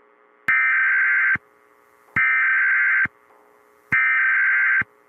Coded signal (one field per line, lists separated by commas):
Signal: Emergency Alert System (SAME) tones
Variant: header bursts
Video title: "MIDWEST MADNESS" - An EAS Scenario